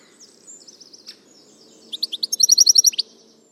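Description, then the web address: Bird calls: a few faint high notes, then a loud rapid series of about ten bright, evenly spaced chirps over a low background hum. "Deverinetal"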